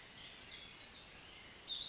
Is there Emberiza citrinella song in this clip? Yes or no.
no